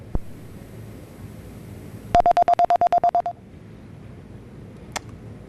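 A quick run of about a dozen evenly spaced touch-tone dialing beeps over a hissy phone line, placed while trying to get a rapper of a band on the phone, followed by a single short click or blip, with no one speaking.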